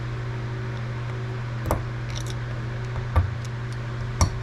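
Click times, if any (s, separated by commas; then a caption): 4.2 s. On a 2021 Yamaha R1, a small internal part, likely a snap ring, is pushed with cleaned tools into the metal bore of the front brake master cylinder on a second try after a failed attempt. Over a steady low hum, faint metallic ticks come at about 1.7 and 3.2 seconds. A sharp metallic snap at 4.2 seconds marks the part seating home.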